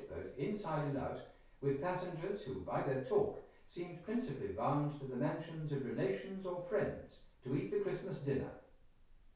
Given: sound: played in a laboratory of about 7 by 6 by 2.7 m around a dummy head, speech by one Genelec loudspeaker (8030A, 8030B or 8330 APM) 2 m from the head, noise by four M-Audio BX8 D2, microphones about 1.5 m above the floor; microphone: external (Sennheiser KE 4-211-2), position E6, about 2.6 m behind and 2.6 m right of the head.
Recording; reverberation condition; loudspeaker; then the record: male speech in English; medium; 150 degrees to the left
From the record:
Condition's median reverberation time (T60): about 510 ms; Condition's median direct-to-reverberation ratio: about -0.5 dB